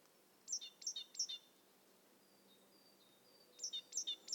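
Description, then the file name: Great tit song: quick, high two-note phrases with a downward slur, three in a row, given twice, with faint thin whistles in the pause between. "Parus major"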